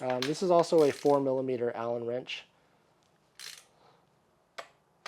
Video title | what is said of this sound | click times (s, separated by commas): Poseidon Triton Road Bike // COMPLETE Build Process | just tighten that until it clicks | 4.6 s